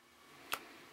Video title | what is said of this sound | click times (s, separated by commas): Transparent iPhone 4 Install | the next step that you get the backing off is to just slide your thumbs up and you'll hear a click and now all we have to do is take it off | 0.5 s